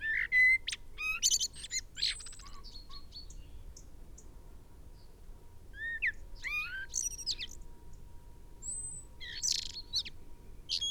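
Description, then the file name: Common blackbird calls: quick high twittering phrases at the start, a quieter middle stretch, then a few more thin squeaky notes near the end. "Turdus merula"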